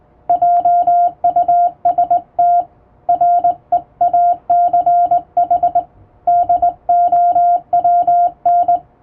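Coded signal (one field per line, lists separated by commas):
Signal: Morse code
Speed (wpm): 20 wpm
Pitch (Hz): 700 Hz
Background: none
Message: JUST REACH DOWN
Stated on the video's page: Hand-sent international Morse practice on a straight (vertical) key, using typing-speed test text; playback speed adjustable.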